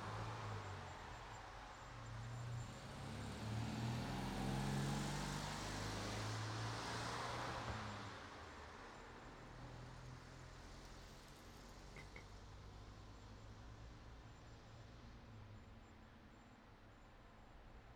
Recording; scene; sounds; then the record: everyday scene through a hearing-aid microphone; in traffic; traffic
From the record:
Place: city secondary road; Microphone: in the ear canal, right